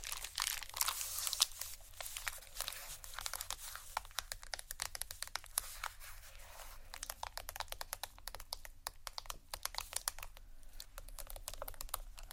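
Hard objects scrape and tap across tiles in a busy, uneven stream of bright, crisp clicks and grinding scratches. The first few seconds are dense with rough scraping, then it breaks into sharper separate taps and short rasps. A faint low hum runs underneath.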